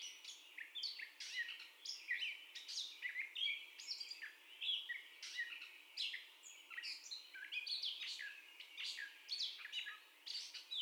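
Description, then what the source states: Catbird singing a long varied sequence of squeaky and grating notes, phrases tumbling one after another with brief gaps. Catbird's first song, 30 May 2021.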